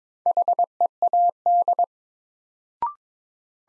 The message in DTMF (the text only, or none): none